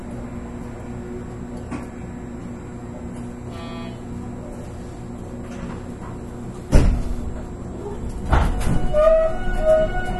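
Running sound of a Series 813 electric train on a rapid service, a steady low rumble with a faint constant hum underneath. Around 6.7 seconds a sharp clunk jolts through, then near 8.3 seconds it grows louder and busier, with whining tones rising and falling.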